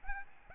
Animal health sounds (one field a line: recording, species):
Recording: mosquito wingbeat signal from an infrared sensor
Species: Aedes albopictus